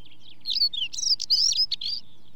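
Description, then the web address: Stonechat song: a lively scratchy warble of squeaky, rising and falling high notes lasting about a second and a half. "BBC Sound Effects Library Birds Stonechat, Song With Chaffinch"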